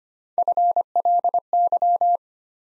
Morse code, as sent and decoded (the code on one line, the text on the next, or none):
..-. .-.. -.--
FLY